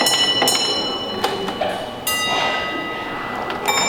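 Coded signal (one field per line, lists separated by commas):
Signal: bell signal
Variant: railway block bell code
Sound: several sharp bell strikes with ringing overtones in a quiet room, grouping unclear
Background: room noise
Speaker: Now we're going to run this as a stopping passenger train, which is the bell code is 3-1 for that one.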